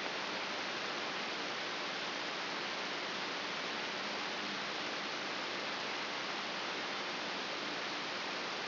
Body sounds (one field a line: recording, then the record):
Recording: brain microelectrode recording played as sound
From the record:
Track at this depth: outside the subthalamic nucleus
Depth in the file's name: 5.419 mm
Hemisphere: left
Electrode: 3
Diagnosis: Parkinson's disease